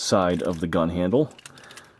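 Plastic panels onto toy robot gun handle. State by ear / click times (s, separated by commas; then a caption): not seated / none. Two plastic panels on a Maketoys Despotron toy robot are being handled as they are straightened out to lock onto the front side of its gun handle. Someone talks for the first 1.3 seconds, followed by quiet plastic tapping and handling noises, including a small tick at about 1.6 seconds. Nothing has seated or clicked into place yet.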